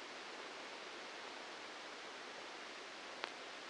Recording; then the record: brain microelectrode recording played as sound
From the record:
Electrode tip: inside the subthalamic nucleus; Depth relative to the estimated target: -1 mm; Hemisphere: left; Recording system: NeuroSet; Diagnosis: Parkinson's disease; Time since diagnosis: 8 years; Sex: male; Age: 59 years